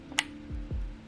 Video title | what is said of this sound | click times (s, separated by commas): Pentax MX Focus Screen Removal | make sure it clicks into place there should be a click so we'll listen for that again | 0.2 s